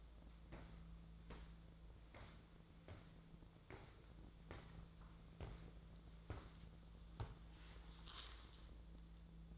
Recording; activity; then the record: daily activity, microphone in the room; walk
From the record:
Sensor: 3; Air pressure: 1005.4 hPa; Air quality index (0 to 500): 94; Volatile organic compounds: 3 ppm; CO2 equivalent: 1472 ppm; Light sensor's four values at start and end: 10/24/10/9 and 8/17/7/7